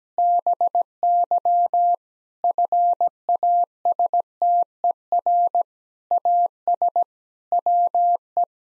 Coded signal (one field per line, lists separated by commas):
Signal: Morse code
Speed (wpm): 17 wpm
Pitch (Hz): 700 Hz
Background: none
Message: BY FASTER AS WE